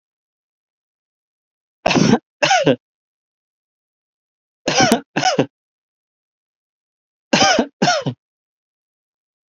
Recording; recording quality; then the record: shallow voluntary cough; excellent, no background noise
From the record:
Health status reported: healthy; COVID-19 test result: negative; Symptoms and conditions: none ticked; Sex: male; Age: 30 years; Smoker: not ticked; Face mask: worn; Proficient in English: yes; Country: United States